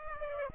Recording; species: mosquito wingbeat signal from an infrared sensor; Aedes aegypti